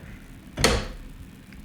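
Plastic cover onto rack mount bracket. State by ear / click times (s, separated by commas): seated / 0.6 s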